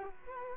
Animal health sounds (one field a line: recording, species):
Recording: mosquito wingbeat signal from an infrared sensor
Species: Culex quinquefasciatus